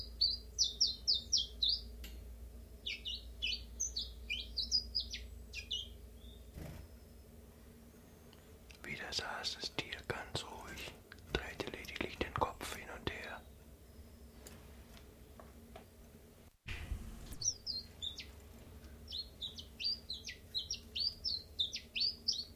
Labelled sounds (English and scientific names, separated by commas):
Common Chiffchaff (Phylloscopus collybita)